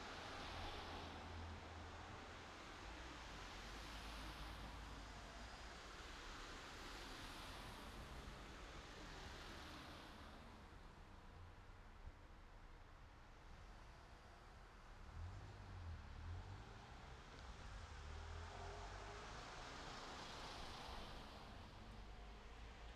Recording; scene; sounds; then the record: everyday scene through a hearing-aid microphone; in traffic; traffic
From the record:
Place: city secondary road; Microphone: in the ear canal, left